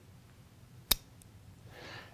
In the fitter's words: is I'm just going to press on it you're going to hear it click into place